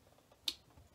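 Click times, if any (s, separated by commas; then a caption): 0.5 s. A square power cable connector with a clip on top is pushed into the power socket of an Insty Connect 4G12 router. A single sharp click is heard at 0.5 s against faint low background noise. The connector seats and the router's power light comes on.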